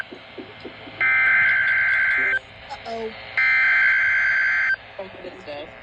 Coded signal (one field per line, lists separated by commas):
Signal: Emergency Alert System (SAME) tones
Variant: header bursts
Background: speech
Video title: SVR #16 (EAS #28)